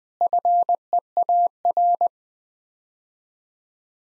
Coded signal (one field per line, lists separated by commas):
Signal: Morse code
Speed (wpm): 20 wpm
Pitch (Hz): 700 Hz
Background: none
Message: FEAR